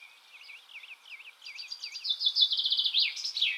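Bird calling with a series of quick slurred down-and-up whistled notes that speed into a louder, buzzy run of rapid notes near the end.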